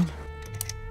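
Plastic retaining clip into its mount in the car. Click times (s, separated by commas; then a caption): 0.6 s, 0.7 s. A plastic retaining clip is pushed back into its mount in a GR Supra during an E30/E85 fuel setup, with a steady low hum underneath. Two short, sharp clicks land at 0.6 s and 0.7 s, and the clip is seated back in place.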